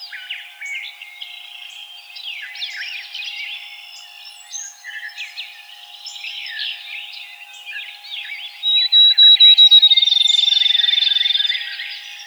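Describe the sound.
Field sparrow song comes late: spaced whistled notes that quicken into a rapid even trill, after several seconds of mixed chirping from other birds and a constant low hum.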